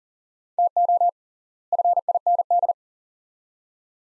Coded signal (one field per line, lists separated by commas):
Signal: Morse code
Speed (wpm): 40 wpm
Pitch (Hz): 700 Hz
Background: none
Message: TO FIND